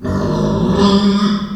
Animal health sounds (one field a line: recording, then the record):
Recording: squeal of a Yucatan mini pig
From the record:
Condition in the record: after surgery on the right vocal fold (resection and tissue-engineered implant)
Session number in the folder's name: 16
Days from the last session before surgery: 183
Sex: female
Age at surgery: 19 weeks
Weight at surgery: 25 kg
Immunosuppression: prednisolone